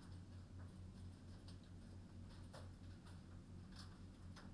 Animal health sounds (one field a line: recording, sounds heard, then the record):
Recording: poultry house recording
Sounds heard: no chicken sound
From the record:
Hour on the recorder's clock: 21